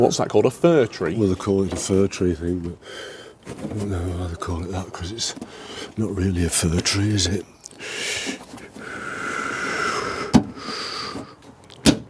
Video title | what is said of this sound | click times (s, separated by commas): Rover 75 - Front Reassembly, Headlights Cleaned & More! - A Full Day Of Work | That's in. I heard it click. | 11.9 s